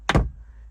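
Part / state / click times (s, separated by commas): sun visor into its raised detent against the headliner / seated / 0.1 s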